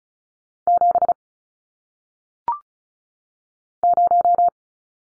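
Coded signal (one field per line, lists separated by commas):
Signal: Morse code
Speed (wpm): 35 wpm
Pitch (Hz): 700 Hz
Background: none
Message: 7 0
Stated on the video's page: Morse code head-copy drill of single-digit numbers at 35 wpm, each sent twice around a spoken answer.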